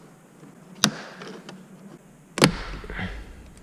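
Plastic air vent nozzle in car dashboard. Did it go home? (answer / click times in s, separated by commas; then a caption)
released / 0.8 s, 2.4 s. The original plastic air vent nozzles are levered out of the dashboard of a Suzuki Jimny GJ, since they are only clipped in. Two sharp plastic snaps at 0.8 s and 2.4 s mark the clips letting go, each followed by a brief rattle and scrape, and the nozzles come free.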